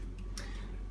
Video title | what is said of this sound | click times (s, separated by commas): Emmaljunga Edge Duo Classic Chassis: Cleaning and Care - Simple Step-by-Step instructions | There's a peg on the inside of this button that should click into place when it's right. | 0.4 s